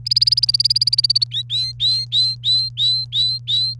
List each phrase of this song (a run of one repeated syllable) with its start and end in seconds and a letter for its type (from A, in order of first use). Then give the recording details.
0.06-1.24 A, 1.31-3.74 B. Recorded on 28 April 2018 at 14:55. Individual llb3